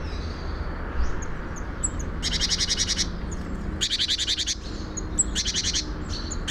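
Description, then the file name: Great tit calls, three harsh rattling bursts of quick repeated notes, separated by high thin squeaks, with a low hum underneath. "Parus major"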